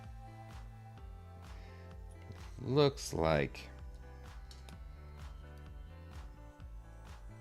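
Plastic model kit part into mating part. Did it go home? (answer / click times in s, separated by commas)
no / none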